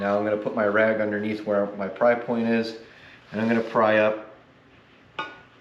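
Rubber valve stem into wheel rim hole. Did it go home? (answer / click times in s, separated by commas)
yes / 5.2 s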